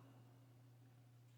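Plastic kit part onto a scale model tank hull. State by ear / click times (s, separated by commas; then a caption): not seated / none. A small plastic kit part is lined up and pressed onto the hull of a Tamiya 1/35 scale T-34/76 Russian tank model; it sits slightly off and rides high. Only a steady low hum with faint handling noise is heard, with no distinct hits. Nothing has seated or clicked yet.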